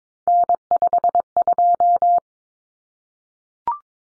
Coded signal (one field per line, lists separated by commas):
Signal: Morse code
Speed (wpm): 22 wpm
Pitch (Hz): 700 Hz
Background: none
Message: N52